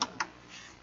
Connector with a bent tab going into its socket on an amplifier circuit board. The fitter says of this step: quand on on remet ça, ça s'enclenche pas à fond.